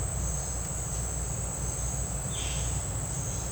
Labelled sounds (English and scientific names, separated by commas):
none